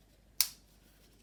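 A small front wheel is pushed into the front fork socket of a Bugaboo Ant stroller and snaps into place with one sharp, bright click at 0.4 s. The click quickly fades to a quiet background, and the first front wheel is seated.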